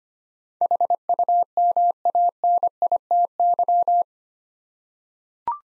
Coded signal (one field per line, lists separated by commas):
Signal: Morse code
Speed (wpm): 25 wpm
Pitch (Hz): 700 Hz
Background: none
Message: HUMANITY